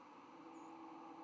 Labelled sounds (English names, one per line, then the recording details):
White-throated Sparrow flight call
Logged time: 04:31 on 10 November 2014